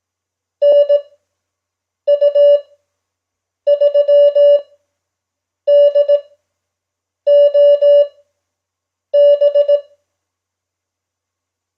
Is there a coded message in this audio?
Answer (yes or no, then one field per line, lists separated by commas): yes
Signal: Morse code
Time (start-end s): 0.6-9.8 s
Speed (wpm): 18 wpm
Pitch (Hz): 580 Hz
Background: none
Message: NU3DOB